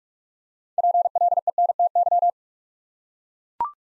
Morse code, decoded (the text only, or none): PLENTY